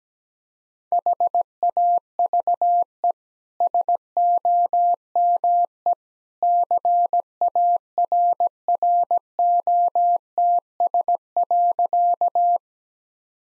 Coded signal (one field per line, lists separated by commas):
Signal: Morse code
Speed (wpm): 17 wpm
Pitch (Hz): 700 Hz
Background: none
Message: HAVE SOME CARROTS.